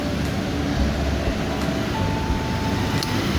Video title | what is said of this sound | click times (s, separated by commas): Torque Value para sa Drain plug ng Honda Beat Fi v. 2 | Pag lumagitik na 'yan mga kais pakita ko sa inyo. | 3.0 s